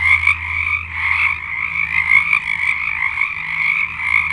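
Frogs in full chorus, a continuous high trilling with swelling pulses, over a low droning hum.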